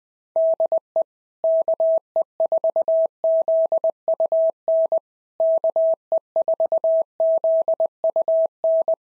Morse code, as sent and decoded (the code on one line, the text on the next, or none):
-.. . / -.- . ....- --.. ..- -. / -.- . ....- --.. ..- -.
DE KE4ZUN KE4ZUN